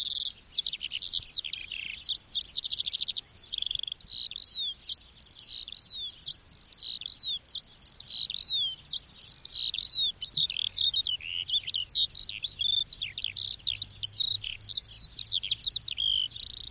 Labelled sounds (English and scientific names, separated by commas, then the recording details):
Eurasian Skylark (Alauda arvensis) song
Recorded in the wild
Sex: male
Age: adult
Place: Erlangen, OT Dechsendorf, Bayern, DE
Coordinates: 49.6317, 10.9364
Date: 1964-04-02
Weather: fog (morning)
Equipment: Original, Vollspur, Parabolspiegel Grampian
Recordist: Tretzel, Erwin